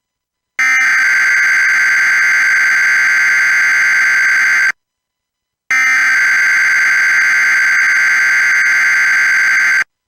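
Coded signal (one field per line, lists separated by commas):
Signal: Emergency Alert System (SAME) tones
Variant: header bursts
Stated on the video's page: Compilation of real EAS alerts: a 2019 Required Monthly Test on DirecTV, and Child Abduction Emergency alerts in 2020 and 2021, one relayed from IPAWS CAP.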